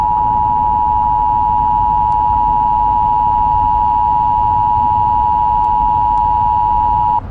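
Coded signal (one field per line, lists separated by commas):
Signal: Emergency Alert System (SAME) tones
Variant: 853 and 960 Hz attention tone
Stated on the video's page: Fictional EAS scenario made for entertainment, using actual SAME tones.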